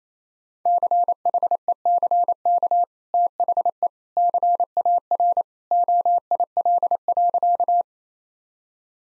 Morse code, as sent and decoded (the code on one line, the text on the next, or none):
-.-. .... . -.-. -.- / - .... . / -.-. .- .-. / --- .. .-.. .-.-.-
CHECK THE CAR OIL.